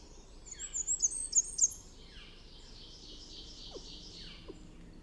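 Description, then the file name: Blackburnian warbler singing a quick series of very high, thin, lisping notes for about a second, followed by soft hiss and a few faint calls. Recorded 22 June 2001. "2001-06-22 Blackburnian"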